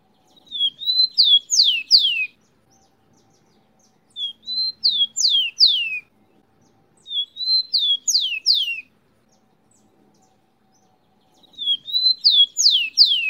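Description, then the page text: Rufous-collared sparrow singing a clear phrase of soft whistles then three or four bright falling slurs, repeated four times at roughly three-and-a-half-second intervals in otherwise quiet surroundings. Local name tico tico. "TICO TICO (Zonotrichia Capensis)"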